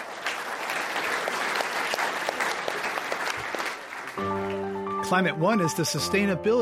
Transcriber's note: applause